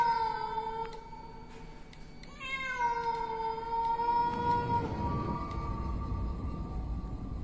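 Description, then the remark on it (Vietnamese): A cat lets out long, eerie yowls: a steady wavering cry, then a louder one that bends upward and slowly sags, fading into a low rumbling hiss. “Mẹ nó chứ, con mèo chết tiệt này, bố hết cả hồn.”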